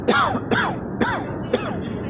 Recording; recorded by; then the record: voluntary cough; messaging app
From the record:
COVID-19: negative